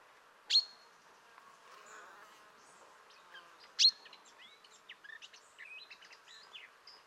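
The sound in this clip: Common chaffinch calls: two sharp high notes that sweep down and level off, about three seconds apart, over many faint, quick chirps.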